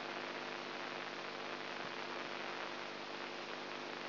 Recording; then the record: brain microelectrode recording played as sound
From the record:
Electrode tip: inside the subthalamic nucleus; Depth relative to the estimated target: -1 mm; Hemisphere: right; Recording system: AlphaMap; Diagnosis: Parkinson's disease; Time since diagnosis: 20 years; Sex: female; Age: 64 years